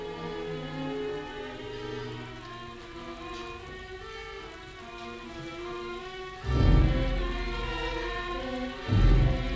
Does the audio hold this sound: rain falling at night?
yes